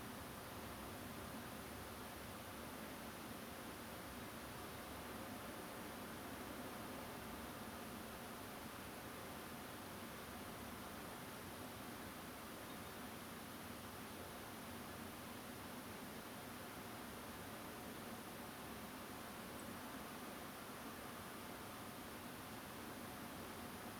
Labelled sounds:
Song Thrush (Turdus philomelos)
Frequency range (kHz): Song Thrush (Turdus philomelos) 7.8-9.6 kHz
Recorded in France

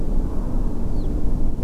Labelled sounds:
Eurasian Skylark (Alauda arvensis)
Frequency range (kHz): Eurasian Skylark (Alauda arvensis) 2.9-5.2 kHz
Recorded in France

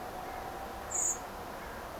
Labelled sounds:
Carrion Crow (Corvus corone), Common Blackbird (Turdus merula)
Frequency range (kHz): Carrion Crow (Corvus corone) 1.5-2.6 kHz; Common Blackbird (Turdus merula) 6.4-8.8 kHz
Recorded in France

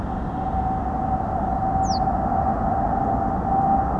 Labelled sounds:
Reed Bunting (Emberiza schoeniclus)
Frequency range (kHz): Reed Bunting (Emberiza schoeniclus) 4.1-8.7 kHz
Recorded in France

